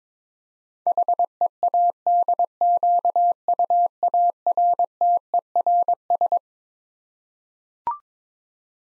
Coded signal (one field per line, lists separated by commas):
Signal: Morse code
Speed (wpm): 22 wpm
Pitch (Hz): 700 Hz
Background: none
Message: HEADQUARTERS